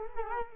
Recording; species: mosquito wingbeat signal from an infrared sensor; Culex quinquefasciatus